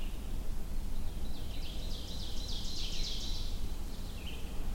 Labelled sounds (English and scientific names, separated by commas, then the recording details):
Ovenbird (Seiurus aurocapilla) song
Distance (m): 100 m
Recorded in boreal forest in Alberta, Canada, on 22 June 2016 at 08:16
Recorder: SongMeter 3, array SBT-6-76
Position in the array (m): 275 m, 105 m
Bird 1